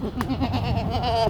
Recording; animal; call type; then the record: contact call of a hoofed animal; goat; low-frequency (closed-mouth) or high-frequency (open-mouth) call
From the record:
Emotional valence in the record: negative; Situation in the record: short social isolation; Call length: 1.30 s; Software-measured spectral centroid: 2050 Hz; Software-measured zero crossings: 1180 a second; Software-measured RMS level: -24 dBFS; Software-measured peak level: -8 dBFS